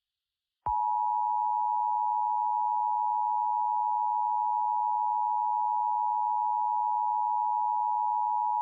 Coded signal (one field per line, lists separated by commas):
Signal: Emergency Alert System (SAME) tones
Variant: 853 and 960 Hz attention tone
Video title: THE ORPHAN SOURCE | EAS Nuclear Disaster Scenario